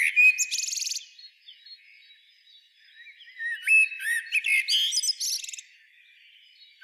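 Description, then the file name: Common blackbird song: a low fluted whistle with a high buzzy note, then a pause, then a longer warbled phrase ending in high squeaky twittering. "Turdus merula"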